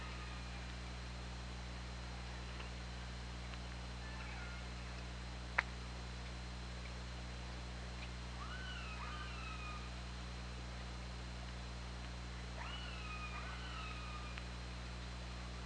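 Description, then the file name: Killer whale calls: a few faint calls, then clear paired upswept calls that flatten and drop, with sharp clicks and constant underwater hiss. Recorded by OrcaLab hydrophone on 24 August 2017 at 20:52. "Orca Lab UTLN JASON 20170824 205203"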